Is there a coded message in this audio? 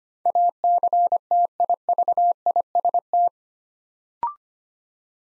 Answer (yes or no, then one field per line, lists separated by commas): yes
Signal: Morse code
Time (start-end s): 0.3-3.3 s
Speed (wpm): 25 wpm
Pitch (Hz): 700 Hz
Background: none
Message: ACTIVIST